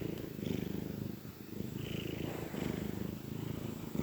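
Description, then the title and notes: Domestic cat purring, a soft low rumble that pulses gently and continues without a break. Contented cat purring gently. "Cat Cafe Purr-Finale. the gentle purrs of a contented cat"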